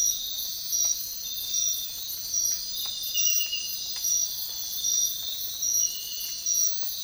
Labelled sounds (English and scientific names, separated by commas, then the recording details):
none
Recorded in dense forest near Puerto Asís, Putumayo, Colombia, on 13 March 2025 at 05:00
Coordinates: 0.500, -76.322
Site GP06